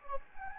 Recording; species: mosquito wingbeat signal from an infrared sensor; Anopheles gambiae